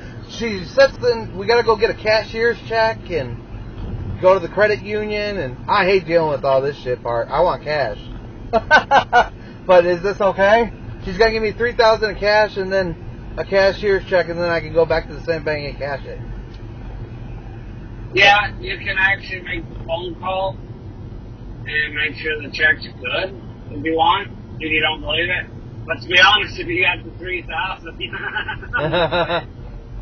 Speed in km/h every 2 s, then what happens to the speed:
48, 47, 47, 48, 47, 48, 47, 45, 44, 47, 48, 47, 45, 42, 34.
0-20 steady at about 47. 20-30 slows to 34.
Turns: none.